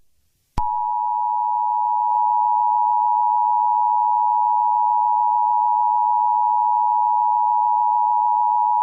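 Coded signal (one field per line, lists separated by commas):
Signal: Emergency Alert System (SAME) tones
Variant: 853 and 960 Hz attention tone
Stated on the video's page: Fictional emergency alert scenario, not a real warning.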